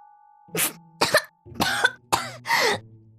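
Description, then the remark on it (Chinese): Five harsh, sputtering coughs in quick succession from someone who choked while drinking water, fairly loud and alone with no talking. “他身边正在喝水的…听到温姐的话，不小心呛到了，他咳得一张脸通红，然后摆手让温姐赶紧去接。”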